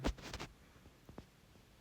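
The plastic battery cover of an Audi car key fob is pressed back on after the coin battery is replaced. Sharp plastic snaps at 0.1 s and 0.3 s, then a few faint ticks around 1.1–1.2 s before quiet. The cover snaps on and is seated.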